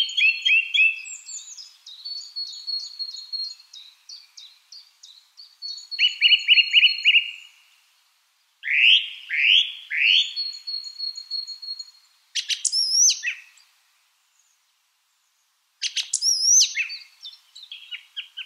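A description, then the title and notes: A bird sings in bright, rapid phrases: quick descending chirps, trills and buzzy notes strung together, then brief pauses. Bursts come around 0–7, 8–11, 12–13 and 16–18 seconds, with sharp high whistles near the end. The background is silent. Relaxing sounds of Bird Song. Real bird calls.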